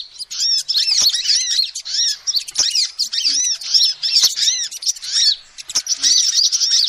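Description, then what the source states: Lovebirds chatter in a busy stream of shrill, arching chirps that barely pause, broken by occasional sharp clicks. Lovebird calls used as a lure to trap birds.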